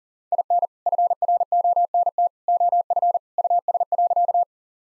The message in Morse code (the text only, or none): IN FRONT OF US.